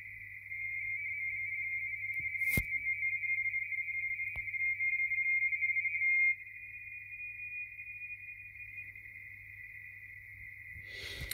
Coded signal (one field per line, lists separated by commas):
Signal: RTTY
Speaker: let it run for a couple of minutes let you get an idea of what i'm receiving